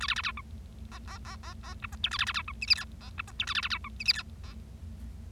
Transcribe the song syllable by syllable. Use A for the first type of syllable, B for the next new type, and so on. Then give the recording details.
A B B C D E E E E E F G H A B B C D I J K E F G H A B B C D I J K E. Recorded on 25 March 2012 at 20:15. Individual gy6or6